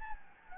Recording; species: mosquito wingbeat signal from an infrared sensor; Anopheles gambiae